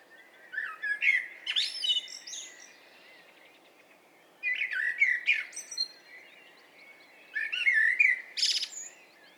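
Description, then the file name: Common blackbird song: three phrases, each a low fluty warble ending in a sharp, squeaky high twitter, over faint steady background hiss. "Turdus merula"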